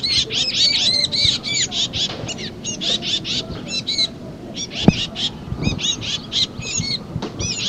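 Titmouse calls: rapid runs of short, high, arched notes repeated in quick bursts throughout, with a single sharp click near the middle.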